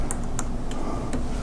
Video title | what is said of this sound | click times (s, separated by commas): Ender 3 V2 Unbox and Setup #3dhp | That clicks right in place. | 0.4 s